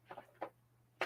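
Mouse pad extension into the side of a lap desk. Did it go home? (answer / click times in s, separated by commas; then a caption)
no / none. A side mouse-pad extension is handled against the side of a laptop lap desk, producing a few soft knocks and rubs near 0.1–0.2 s, a firmer knock at 0.4 s, and a sharp, bright hit at 1.0 s as the clip ends. Nothing has seated or clicked yet; the extension is not yet snapped into the lap desk.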